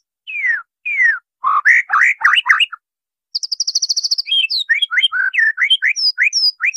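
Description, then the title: White-rumped shama song: clear downslurred whistles, then a rapid burst of varied chattering, buzzy trills and sharp whistled notes in quick succession. Training song used to teach caged birds to sing. "MURAI BATU LABAIK"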